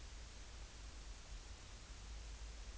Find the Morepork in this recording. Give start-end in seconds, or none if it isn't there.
none